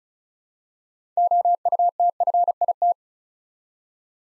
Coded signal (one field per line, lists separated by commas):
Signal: Morse code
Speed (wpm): 36 wpm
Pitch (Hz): 700 Hz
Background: none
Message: OUTFIT